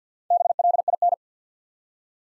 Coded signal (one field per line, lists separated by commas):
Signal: Morse code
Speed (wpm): 48 wpm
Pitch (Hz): 700 Hz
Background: none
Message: BLIN